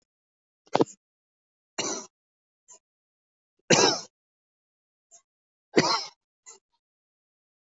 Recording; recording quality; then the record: shallow voluntary cough; excellent, no background noise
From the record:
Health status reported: exposed to COVID-19, no respiratory illness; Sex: male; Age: 45 years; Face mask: not worn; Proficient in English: yes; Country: India